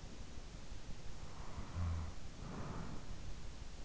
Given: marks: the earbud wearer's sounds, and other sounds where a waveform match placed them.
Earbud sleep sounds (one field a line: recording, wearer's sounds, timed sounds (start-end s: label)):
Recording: sounds in sleep by an in-ear microphone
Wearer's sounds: snoring breath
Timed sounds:
0.80-3.71 s: snoring breath